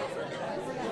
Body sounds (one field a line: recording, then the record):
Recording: coughing mixed with background sound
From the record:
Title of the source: female coughing - coughing sound effects girl